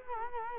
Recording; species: mosquito wingbeat signal from an infrared sensor; Culex quinquefasciatus